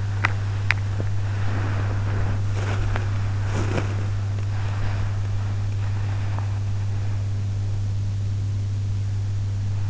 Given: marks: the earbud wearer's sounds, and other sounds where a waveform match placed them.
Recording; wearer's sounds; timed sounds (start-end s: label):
sounds in sleep by an in-ear microphone; body movement, teeth grinding
0.00-6.66 s: body movement
0.18-0.79 s: teeth grinding